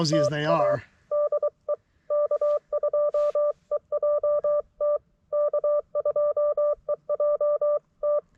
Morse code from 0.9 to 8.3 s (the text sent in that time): DE K2EJT K2EJT